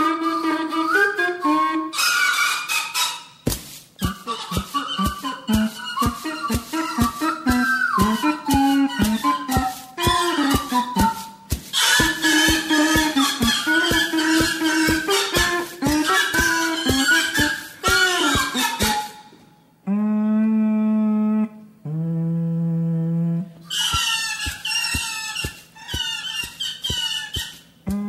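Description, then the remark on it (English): A march played on vegetable instruments by a band: squeaky, squealing pipe-like tones over a steady, insistent beat, with a few short pauses and some buzzing held low notes toward the end. “This 30-second excerpt that I'm going to play right now is a march that … played.”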